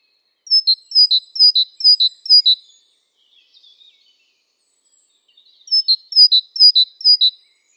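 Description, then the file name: Great tit delivering five rapid see-saw two-note phrases, falling quiet for a few seconds, then repeating the phrase four more times. "Parus major"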